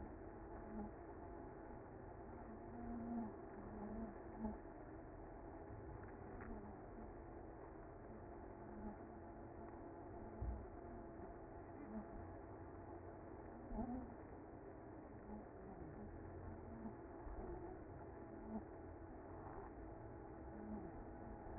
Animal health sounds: honeybee colony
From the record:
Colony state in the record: active

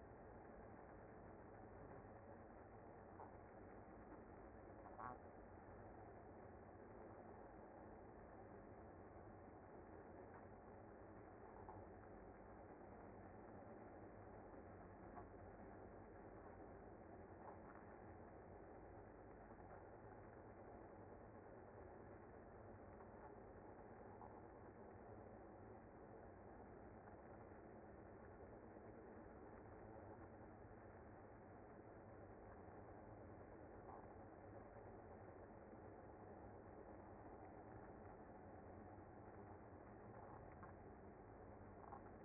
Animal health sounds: honeybee colony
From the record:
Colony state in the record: active

